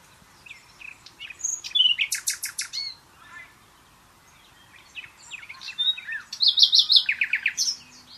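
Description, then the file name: Common nightingale pouring out two varied song phrases, with pounding repeated notes, high buzzy trills and sharp chirps around a quieter gap. "Luscinia megarhynchos"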